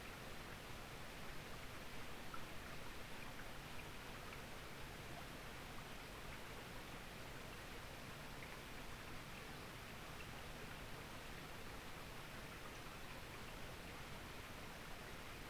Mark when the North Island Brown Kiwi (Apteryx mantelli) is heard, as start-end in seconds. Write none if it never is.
none